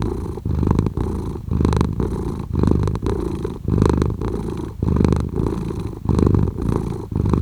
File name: Cat Purring